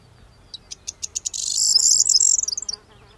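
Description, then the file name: Corn bunting song: several dry ticks leading into a high, glittering, jangling rattle that then fades out. "Kornsparv"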